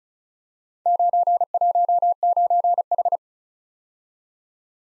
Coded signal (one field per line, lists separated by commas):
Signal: Morse code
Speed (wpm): 36 wpm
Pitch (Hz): 700 Hz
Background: none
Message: 919H